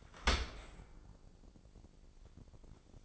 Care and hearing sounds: daily activity, microphone in the room; open dishwasher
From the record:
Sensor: 5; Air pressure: 1012.4 hPa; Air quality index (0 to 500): 159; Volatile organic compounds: 2 ppm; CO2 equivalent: 1081 ppm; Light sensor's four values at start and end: 102/245/103/113 and 102/247/103/114

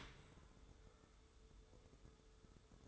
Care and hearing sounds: daily activity, microphone in the room; open dishwasher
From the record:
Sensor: 3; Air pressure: 1015.0 hPa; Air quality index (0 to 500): 40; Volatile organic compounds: 1 ppm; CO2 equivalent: 589 ppm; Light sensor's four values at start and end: 12/26/11/11 and 12/26/11/11

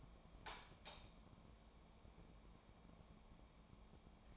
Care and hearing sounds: daily activity, microphone in the room; light on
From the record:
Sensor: 1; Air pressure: 1000.0 hPa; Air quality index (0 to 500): 131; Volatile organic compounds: 2 ppm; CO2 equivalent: 1240 ppm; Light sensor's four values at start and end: 29/73/30/37 and 31/83/34/41

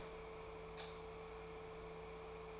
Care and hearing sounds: daily activity, microphone in the room; light off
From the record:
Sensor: 1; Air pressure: 1014.8 hPa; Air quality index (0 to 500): 187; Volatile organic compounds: 19 ppm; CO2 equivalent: 2643 ppm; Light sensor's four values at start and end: 36/97/40/48 and 33/82/35/42

